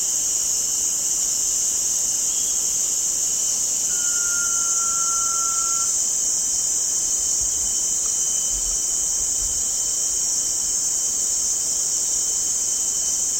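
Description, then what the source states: Blue-banded pitta with a single level, slightly descending whistle of about two seconds amid a steady hiss of insects. Recorded on 1 June 2007.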